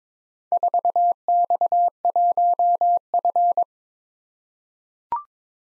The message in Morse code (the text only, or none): 4X1F